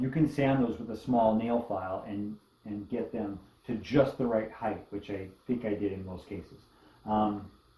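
Someone talks while handling a 1:48 scale wooden model of a Sikh temple from about 1940, which is about to go onto a diorama base where four neodymium magnets pull it into place. Nothing has seated or clicked yet; only speech is heard.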